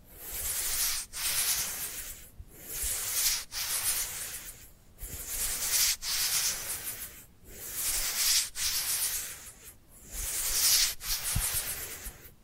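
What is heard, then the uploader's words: Dry hands rub together in steady back-and-forth strokes, each pass a bright, papery swish. Short silent gaps break the rubbing about every second or so, giving a regular rhythm. Faint low thumps sit underneath, with no voice. ASMR Dry Dry Dry Hand Sounds to Beat Your Tingle Immunity (No Talking).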